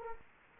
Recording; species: mosquito wingbeat signal from an infrared sensor; Culex quinquefasciatus